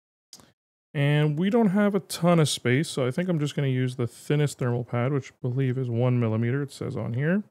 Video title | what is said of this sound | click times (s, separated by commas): A Budget Thunderbolt Enclosure For Your Laptop - Acasis TBU405 Air Review | And then we push this down till it clicks in. | 0.3 s